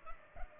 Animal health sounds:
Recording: mosquito wingbeat signal from an infrared sensor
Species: Culex pipiens

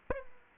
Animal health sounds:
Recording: mosquito wingbeat signal from an infrared sensor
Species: Aedes aegypti

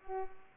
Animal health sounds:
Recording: mosquito wingbeat signal from an infrared sensor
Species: Culex pipiens

